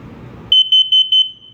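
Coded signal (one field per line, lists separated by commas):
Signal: alarm pattern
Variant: carbon monoxide alarm, temporal-four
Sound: four quick high-pitched shrill beeps in a row, after a low rumble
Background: low rumbling background noise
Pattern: 4 short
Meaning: Carbon monoxide detected; get outside and call 911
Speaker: The carbon monoxide alarm had four beeps. Beep, beep, beep, beep. It's a little bit faster, but there's four of them.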